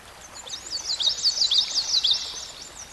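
Songbird song: a rapid stream of high thin twittering notes, slurred up and down, continuous for about two seconds over soft hiss.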